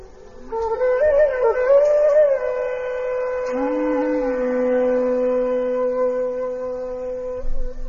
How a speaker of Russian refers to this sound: Звуки всех этих раковин слились в сплошной рев, сотрясая небо и землю, и сердца сыновей Дхритараштры содрогнулись.